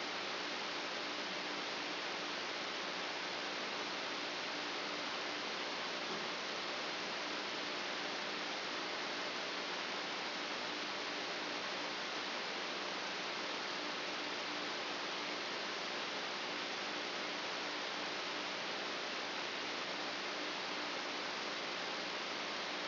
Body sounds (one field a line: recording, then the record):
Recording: brain microelectrode recording played as sound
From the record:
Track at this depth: outside the subthalamic nucleus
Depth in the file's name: 8.828 mm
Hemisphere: left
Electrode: 2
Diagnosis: Parkinson's disease